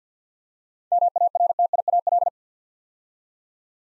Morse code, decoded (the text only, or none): MARTIAL